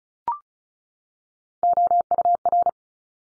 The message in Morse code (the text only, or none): OUR